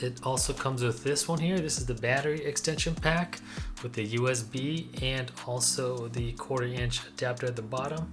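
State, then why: Not seated. A battery extension pack with a USB port and a 1/4-inch adapter at its bottom is handled at the base of a DJI Pocket 3 pocket gimbal camera while someone talks over background music. Nothing has seated or clicked onto the camera yet.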